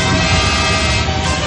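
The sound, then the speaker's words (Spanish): Dense road traffic with several car horns honking at once, a loud, sustained blare of overlapping tones over a steady engine rumble. “El puto tráfico.”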